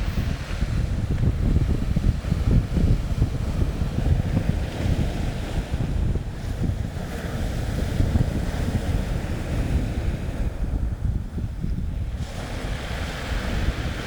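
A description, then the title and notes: Water churns and retreats over a stony beach, pebbles rattling and tumbling beneath a dense, steady roar. The sound stays heavy in the low end, with a bright hiss riding above and brief gusts of wind buffeting the microphone throughout. Nairn Beach Notes. Cold snap in the wind, biting the fingers. The beach is a frothy turbulent transition space. The water retreats causing the pebbles to roll down the stony back, creating a delightfully reassuring marble run sound.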